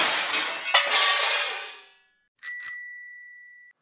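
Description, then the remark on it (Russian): A bicycle with square wheels crashes down onto a ship's deck with a loud, rattling metallic clang that slowly fades, followed by two quick rings of its bell that hang in the air. “В общем, выкатился велосипед из строя на своих квадратных колесах и со звоном упал на палубу.”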